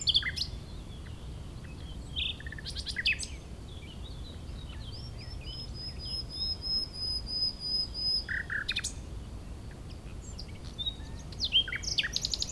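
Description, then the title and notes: Common nightingale song with pauses: clicking bursts, a long pure high whistle held for several seconds, then stuttering repeated notes, against low wind noise. Wild bird in breeding season near Chindrieux, France, hidden in scrub; sunny day with fairly strong west wind; Zoom H4n Pro placed on the ground in grass tufts, tens of metres from singer, in small valley. "RRCR+X9 Chindrieux, France - Rossignol. La saison des rossignols bat son plein. c'est passionnant d'être à l'écoute du chant des rossignols c'est un grand improvisateur avec un répertoire très diversifié, des modulations surprenantes et variées"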